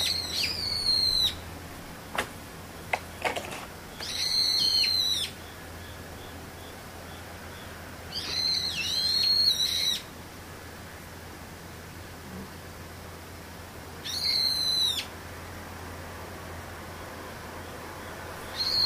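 A bird calls in short bursts of bright, rapid, chattering notes, each lasting about a second or two, repeating roughly every four to five seconds. A few sharp clicks sound between the first calls, and a low, steady hum runs underneath throughout.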